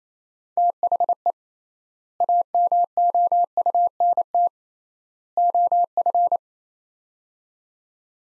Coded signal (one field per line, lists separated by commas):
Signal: Morse code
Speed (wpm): 28 wpm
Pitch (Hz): 700 Hz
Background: none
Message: THE AMOUNT OF